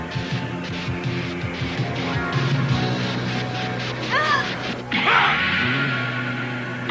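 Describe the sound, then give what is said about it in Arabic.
Two players, Raad and Majed, collide in mid-air with a sharp whacking crash as Raad makes his favourite triple jump for the ball, set against a busy, dense wash of sound effects and sustained tones, with rising whooshes before the impact. “الكرة في الهواء ويقفز رعد القفزة الثلاثية المفضلة ويلتقي رعد وماجد في الهواء.”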